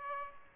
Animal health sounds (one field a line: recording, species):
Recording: mosquito wingbeat signal from an infrared sensor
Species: Aedes aegypti